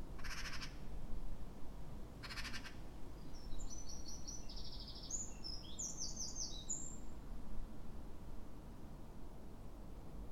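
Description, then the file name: Eurasian wren giving two harsh, buzzy rattle calls a couple of seconds apart, followed by a fast, high trilled song phrase, against a constant low rumble. "Troglodytes troglodytes"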